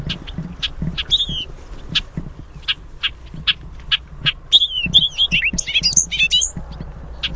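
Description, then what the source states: Bobolink giving irregular sharp metallic call notes, building into rapid bubbly, jangling song fragments toward the end over a faint low rumble. Calls and song.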